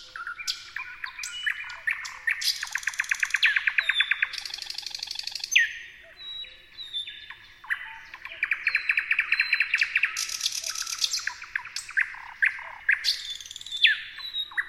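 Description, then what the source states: Thrush nightingale song: loud varied phrases of rapid repeated clicking notes, pure whistles and high buzzy rattles, changing every second or two with short pauses. Several thrush nightingales singing.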